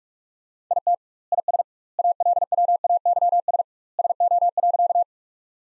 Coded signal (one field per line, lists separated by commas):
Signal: Morse code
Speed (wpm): 41 wpm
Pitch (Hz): 700 Hz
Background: none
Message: IT IS ALWAYS SO.